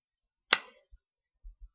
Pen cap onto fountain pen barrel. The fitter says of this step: is that click in place or what I mean it's really on there very tightly